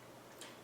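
A plastic lancet drum is pushed into the body of an Accu-Chek lancing device and seats with a click. A short, sharp high-pitched click at 0.4 s stands out above a quiet background hiss.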